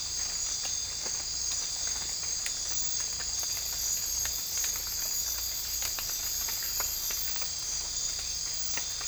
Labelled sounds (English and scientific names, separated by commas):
none